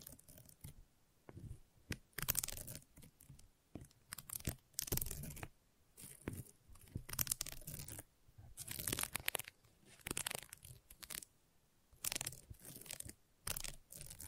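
Gentle scratching comes in short, rough bursts, each lasting a second or so, separated by brief near-silent gaps. The strokes sound dry and papery, almost like light tearing or crinkling, and recur irregularly throughout, with bright hiss over a softer low rustle.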